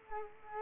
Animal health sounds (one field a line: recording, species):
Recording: mosquito wingbeat signal from an infrared sensor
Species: Culex quinquefasciatus